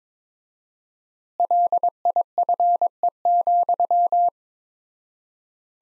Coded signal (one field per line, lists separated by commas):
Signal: Morse code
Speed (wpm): 22 wpm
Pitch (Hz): 700 Hz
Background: none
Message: LIFE,